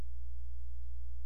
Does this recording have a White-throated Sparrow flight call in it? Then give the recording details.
no. No flight call is heard. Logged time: 09:02 on 15 September 2014